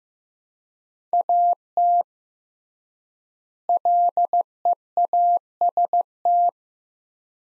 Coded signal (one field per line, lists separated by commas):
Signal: Morse code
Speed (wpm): 15 wpm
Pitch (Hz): 700 Hz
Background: none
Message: AT LEAST